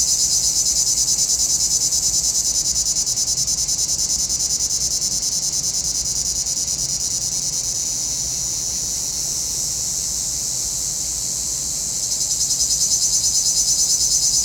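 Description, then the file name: Cicada song, a continuous shrill buzz that softens in the middle and then swells back into a fast, pulsing drone. Cicadas in a pinewood. "Relaxing Music Therapy - Sounds from a Pinewood Cicadas"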